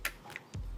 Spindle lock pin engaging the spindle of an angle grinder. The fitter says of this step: จะลงล็อคดังแก๊กแล้วเราก็ใช้อุปกรณ์เขาแถมให้มานะทำการล็อคทีแล้ว